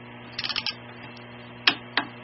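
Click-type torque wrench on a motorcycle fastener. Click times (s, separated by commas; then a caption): 1.7 s. A click-type torque wrench tightens a fastener on an F650GS motorcycle, with a few quick ratcheting ticks around 0.4–0.7 s over a steady low hum. At 1.7 s the wrench breaks over with a sharp, loud click, confirming the fastener has reached its set torque, and a second sharp hit follows at 2.0 s.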